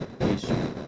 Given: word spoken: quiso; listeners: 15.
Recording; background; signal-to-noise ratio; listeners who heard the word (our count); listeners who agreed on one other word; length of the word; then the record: one Spanish word in noise, from a listening test; noise modulated by one talker; -8.0 dB; 0 of 15; 10 of 15; 0.48 s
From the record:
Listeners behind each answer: 10, 1, 1, 1, 1, 1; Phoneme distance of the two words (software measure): 10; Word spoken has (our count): 2 syllables, 4 phonemes, stress on syllable 1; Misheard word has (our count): 2 syllables, 4 phonemes, stress on syllable 1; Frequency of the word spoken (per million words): 65.99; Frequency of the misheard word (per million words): 62.99